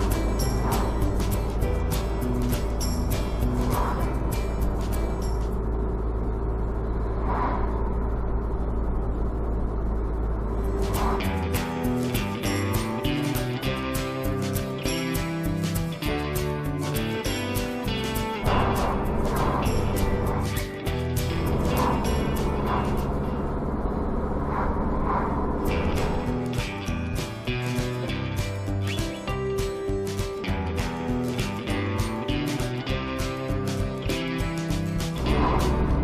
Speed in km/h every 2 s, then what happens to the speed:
39, 40, 40, 39, 40, 39, 39, 43, 46, 48, 50, 50, 51, 52, 51, 50, 49, 48.
0-12 steady at about 39. 12-19 speeds up to 50. 19-36 steady at about 50.